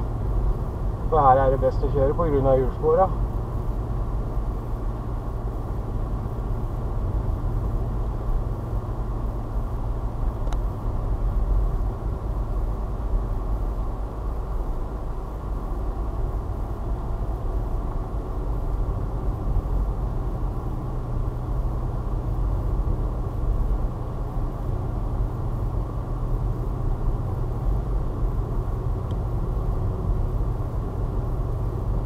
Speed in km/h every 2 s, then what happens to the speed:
41, 40, 41, 41, 40, 39, 38, 37, 39, 41, 43, 43, 43, 42, 42, 41.
0-14 steady at about 40. 14-19 speeds up to 43. 19-32 steady at about 42.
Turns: none.